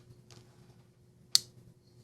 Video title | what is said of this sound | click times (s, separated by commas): Review/impressions of the Shirogorov Quantum… an EKnives Exclusive Urdu’s Series | nice and click | 1.4 s